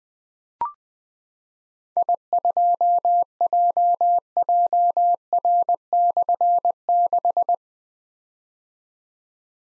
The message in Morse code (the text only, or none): I2JJR/6